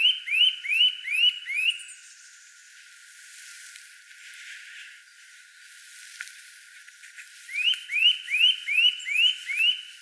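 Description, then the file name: Eurasian nuthatch calls: a run of five rising, whistled notes, then a quiet pause, then another quick series of six similar upslurred notes near the end. "Sitta europaea"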